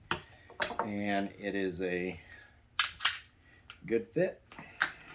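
A handgun is handled at a polymer holster shell as it is being reholstered, while someone talks. Sharp clicks and knocks, the strongest near 0.1, 0.6, 2.8, 3.1 and 4.8 seconds, mix with the talking. The clip ends before the pistol goes home, so nothing has seated or clicked into place yet.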